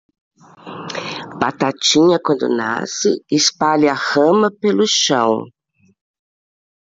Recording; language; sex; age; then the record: short text; Brazilian Portuguese; female; 60 to 69 years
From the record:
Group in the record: control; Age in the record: 67 years